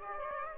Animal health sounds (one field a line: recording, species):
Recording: mosquito wingbeat signal from an infrared sensor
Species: Aedes aegypti